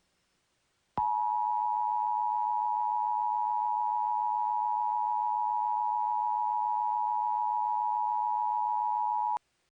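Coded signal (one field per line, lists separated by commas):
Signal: Emergency Alert System (SAME) tones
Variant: 853 and 960 Hz attention tone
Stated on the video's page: Fictional EAS scenario about a tornado-producing thunderstorm, made with Audacity and text-to-speech.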